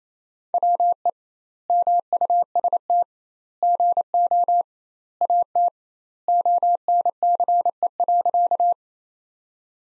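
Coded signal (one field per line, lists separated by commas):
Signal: Morse code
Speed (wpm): 28 wpm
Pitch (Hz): 700 Hz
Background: none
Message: WE MUST GO AT ONCE.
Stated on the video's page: Sentences from the top 300 words at 28 wpm with 2x standard word spacing, a Farnsworth-like practice drill.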